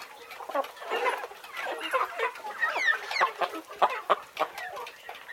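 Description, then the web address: Birds calling, uneven bursts of clucks and chatter. "audio animali uccelli uccelli birds"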